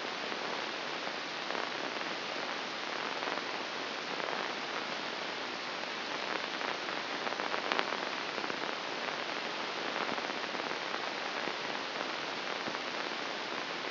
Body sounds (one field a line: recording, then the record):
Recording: brain microelectrode recording played as sound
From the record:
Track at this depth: inside the subthalamic nucleus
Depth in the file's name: 0.955 mm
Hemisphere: right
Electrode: 2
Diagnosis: Parkinson's disease